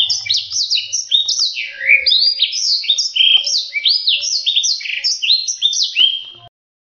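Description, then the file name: Black-throated seedeater singing a long, rapid warble of high rising and falling whistled notes, tightly strung together, ending abruptly. Song used for training canaries to learn its song. "audio kicauan blacksang untuk masteran kenari omkicau"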